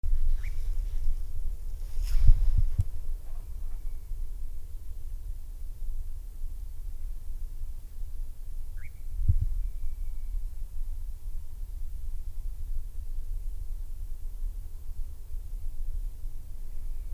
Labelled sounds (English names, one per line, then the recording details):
Eurasian Nightjar flight call
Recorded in the wild
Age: adult
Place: Schönow, Naturpark Barnim, Brandenburg, DE
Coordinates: 52.6897, 13.5131
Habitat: heathland
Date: 2007-07-08 22:56
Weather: heiter, 13°C, fast windstill
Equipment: Sound Devices 702, Sennheiser MKH 416 T, Windkorb
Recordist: Frommolt, Karl-Heinz